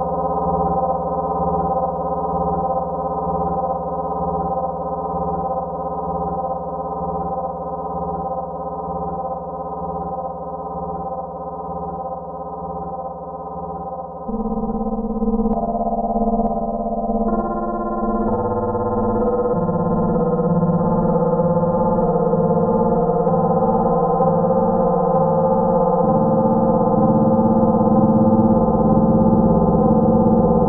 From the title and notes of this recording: Controlled loudness in Feedback loop using the Gain Wrapper. Kyma.